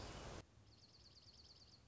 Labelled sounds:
Dark-eyed Junco
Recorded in Sonoma County, California

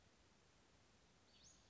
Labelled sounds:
Western Flycatcher
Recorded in Sonoma County, California

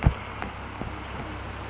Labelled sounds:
California Towhee
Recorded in Sonoma County, California

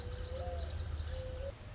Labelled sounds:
Mourning Dove
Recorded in Sonoma County, California

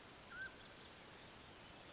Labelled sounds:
Mountain Quail
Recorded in Sonoma County, California

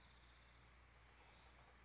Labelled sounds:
Spotted Towhee
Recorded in Sonoma County, California

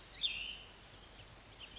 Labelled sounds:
Cassin's Vireo
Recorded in Sonoma County, California

